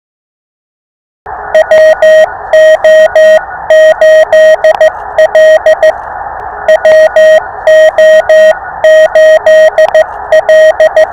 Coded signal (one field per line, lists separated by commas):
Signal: Morse code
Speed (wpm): 14 wpm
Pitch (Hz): 1900 Hz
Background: none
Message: WO8L WO8L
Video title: POTA with purpose! Morse Code is for everyone! Listen and Copy random callsigns. #hamradio